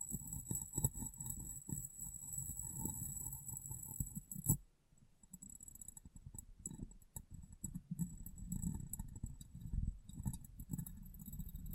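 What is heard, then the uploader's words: Glass tapping and cleaning: dense low rubbing and thumps with high bright ringing for four seconds, a brief hush, then sparser scattered taps. ASMR Glass Brain Tapping & Cleaning (No Talking).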